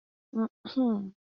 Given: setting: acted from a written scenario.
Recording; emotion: vocal sound without words; neutral